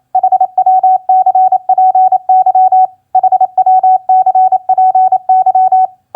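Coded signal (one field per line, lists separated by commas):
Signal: Morse code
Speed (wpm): 27 wpm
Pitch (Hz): 750 Hz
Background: none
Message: HWCPY HWCPY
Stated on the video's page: Morse practice of common QSO elements at 28 wpm.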